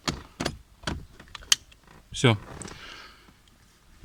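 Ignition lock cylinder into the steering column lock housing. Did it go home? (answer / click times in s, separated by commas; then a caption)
yes / 1.5 s. A new ignition lock cylinder for a Ford Transit Connect 1.8 TDCi is pushed into the steering column lock housing until its spring-loaded retaining button snaps into its hole. A few soft knocks come first, then a sharp click at 1.5 s as the button seats and the cylinder locks into place. Someone talks afterward.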